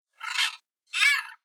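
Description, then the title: Red-fronted macaw giving two harsh, raspy squawks, each about half a second long, separated by a short pause. "Parrot_Red Fronted Macaw"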